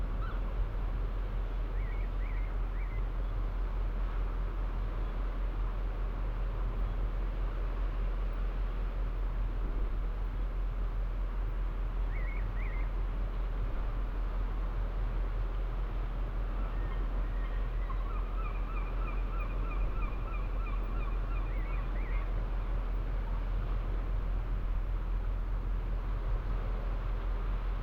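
Ocean waves wash against the old seawalls of St Abbs harbour at night, a thick, steady roar with a deep rumble underneath. Brief bird calls break through near 2, 12 and 17 seconds, then a longer run of chirping notes around 18 to 22 seconds.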